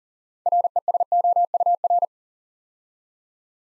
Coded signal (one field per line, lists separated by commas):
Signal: Morse code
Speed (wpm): 42 wpm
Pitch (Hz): 700 Hz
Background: none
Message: RESOUR